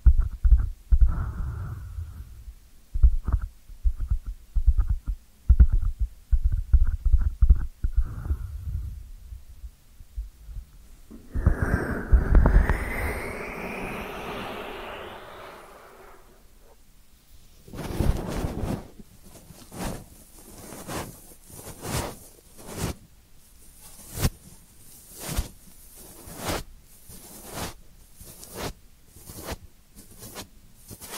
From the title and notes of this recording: ASMR 10 Sleep Inducing Ear Cleaning Triggers with 3D Brain Penetration (No Talking).